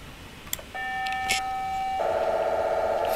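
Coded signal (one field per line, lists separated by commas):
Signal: POCSAG pager data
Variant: 512 baud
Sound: a short click, a steady buzzy tone for about a second, then rough warbling data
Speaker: So let's run this guy.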